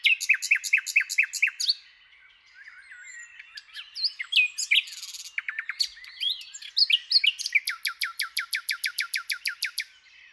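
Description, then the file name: Common nightingale song opening with loud repeated notes, then a quieter varied passage and a long series of sharp repeated notes. "Luscinia megarhynchos"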